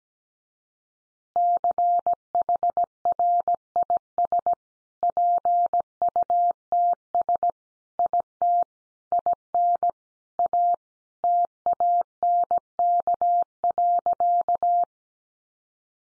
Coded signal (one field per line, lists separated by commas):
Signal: Morse code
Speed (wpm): 17 wpm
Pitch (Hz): 700 Hz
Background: none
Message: CHRIS PUTS IT IN A TANK.